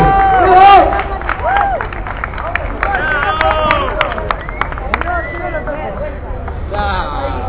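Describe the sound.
A crowd claps steadily to welcome two neighbourhood women about to perform music, a dense, continuous patter of many hands, mixed with scattered whoops, shouts and excited voices that rise and fall throughout.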